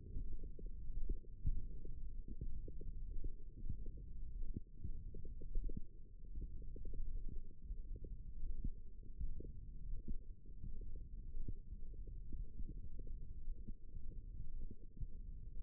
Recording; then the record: forearm muscle sounds (acoustic myography)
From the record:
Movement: tripod grip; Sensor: system 1, eight BSWA MPA416 microphones around the upper forearm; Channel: 2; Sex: female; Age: 22 years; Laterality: right